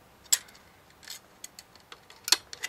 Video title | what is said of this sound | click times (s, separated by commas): LEGO Star Wars Droid Gunship 75042 Winter 2014 set Review | push it back and you should hear this click | 0.3 s